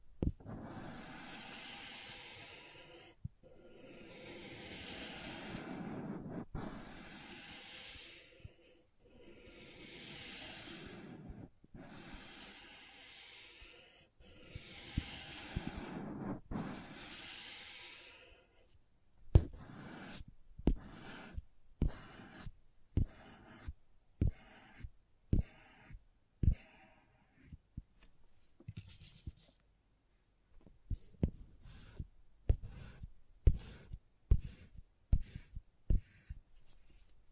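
Slime sounds fill the first nineteen seconds: long, wet, squishy stretches that swell and fade in a steady rhythm every few seconds. After that come sharp, crisp taps, quick and uneven at first, then sparser, separated by short quiet gaps.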